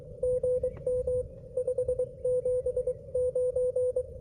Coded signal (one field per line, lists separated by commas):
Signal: Morse code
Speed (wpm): 23 wpm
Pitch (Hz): 500 Hz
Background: radio noise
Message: GM 579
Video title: US-12715 testing my HF-009 on a tripod! And full activation